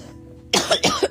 I had a bad cold so please ignore the coughing.